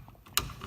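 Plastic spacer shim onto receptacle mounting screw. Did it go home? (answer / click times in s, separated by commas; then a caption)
yes / 0.4 s. A second plastic spacer shim is fitted behind a sunken light receptacle and pressed onto its mounting screw. A sharp plastic snap at 0.4 s marks the shim seating, followed by a fainter tick at about 0.6 s. The shim snaps on and is seated.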